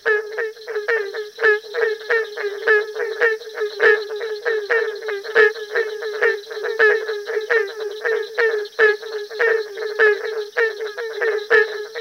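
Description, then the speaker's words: Barking tree frog chorus: dense, overlapping hollow barks, continuous throughout. Chorus that at times sounds random with no discernible pattern and at other times has a rhythmic, complex percussive beat. "Listen to this chorus of barking tree frogs."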